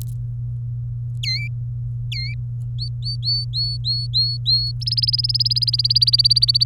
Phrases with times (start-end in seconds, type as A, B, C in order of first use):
1.23-1.48 A, 2.12-2.34 A, 2.79-4.72 B, 4.81-6.64 C